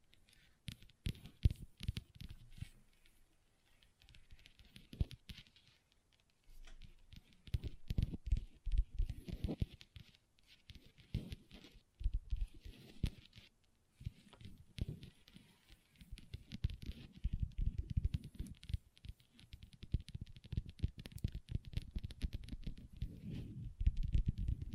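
Long fingernails tap and scratch on a table in quick, uneven bursts of clicky patter, with dull low knocks under them. Busy runs alternate with short pauses, the densest stretches coming around eight to ten seconds and again near the end.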